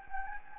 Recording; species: mosquito wingbeat signal from an infrared sensor; Anopheles gambiae